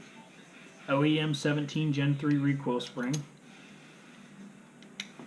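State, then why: Seated. Someone talks for about the first three seconds, then it goes quiet while an OEM 17 Gen 3 recoil spring assembly with a reducer bushing is pushed against the Gen 4 barrel inside the Gen 5 pistol slide. A short sharp snap at 5.0 s marks the recoil spring assembly popping into place, seated.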